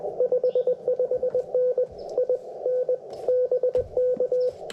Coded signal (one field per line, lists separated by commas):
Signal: Morse code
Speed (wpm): 20 wpm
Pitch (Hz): 500 Hz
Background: radio noise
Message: 55N IN BK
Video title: WARC band activation on Contest Weeked